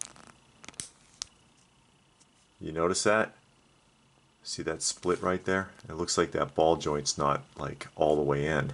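A plastic ball joint on a Mezco One:12 Bluto & Popeye Stormy Seas deluxe set action figure, which looks split and not fully in its socket, is handled, with a few sharp light ticks in the first second or so. Someone then talks. Nothing has seated or clicked yet.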